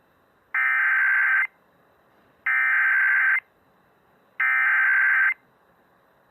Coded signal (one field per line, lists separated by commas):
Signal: Emergency Alert System (SAME) tones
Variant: header bursts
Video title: Child Abduction Emergency - EAS 91